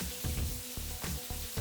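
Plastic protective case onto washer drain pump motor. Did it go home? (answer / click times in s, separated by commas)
no / none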